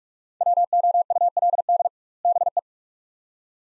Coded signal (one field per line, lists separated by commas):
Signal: Morse code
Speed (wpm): 46 wpm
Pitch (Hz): 700 Hz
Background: none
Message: WOULD BE